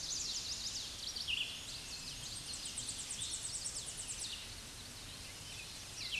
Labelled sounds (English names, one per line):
Red-eyed Vireo song